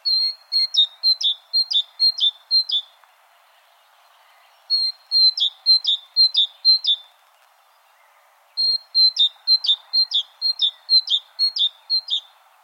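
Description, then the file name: Great tit singing three bursts of bright, ringing two-note phrases, a high even note dropping to a lower one, several pairs per burst, with pauses between and faint background hiss. "Parus major"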